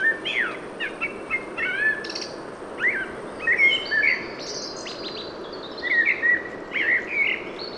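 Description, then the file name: Common blackbird song: fluted whistles mixed with many high chirps and twitters over steady background noise. "Turdus merula"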